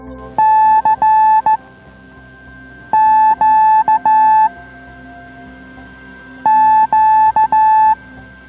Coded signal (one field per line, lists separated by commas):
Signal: Morse code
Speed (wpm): 15 wpm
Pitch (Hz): 870 Hz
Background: music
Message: C Q Q